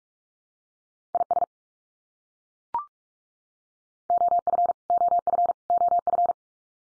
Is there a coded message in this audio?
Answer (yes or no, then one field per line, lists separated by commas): yes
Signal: Morse code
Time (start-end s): 1.1-6.3 s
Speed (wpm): 44 wpm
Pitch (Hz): 700 Hz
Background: none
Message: IS OF OF OF